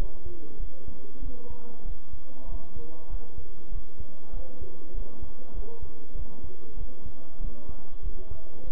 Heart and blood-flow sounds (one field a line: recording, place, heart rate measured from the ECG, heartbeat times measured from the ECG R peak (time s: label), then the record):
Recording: heart sounds by stethoscope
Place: between the tricuspid and mitral areas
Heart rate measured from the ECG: 97 bpm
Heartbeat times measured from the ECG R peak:
0.58 s: heartbeat
1.21 s: heartbeat
1.84 s: heartbeat
2.47 s: heartbeat
3.08 s: heartbeat
3.70 s: heartbeat
4.32 s: heartbeat
4.93 s: heartbeat
5.53 s: heartbeat
6.14 s: heartbeat
6.76 s: heartbeat
7.39 s: heartbeat
8.01 s: heartbeat
8.66 s: heartbeat
From the record:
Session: bicycle stress test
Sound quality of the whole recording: good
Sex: male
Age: 23 years